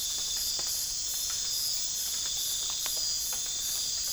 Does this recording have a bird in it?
no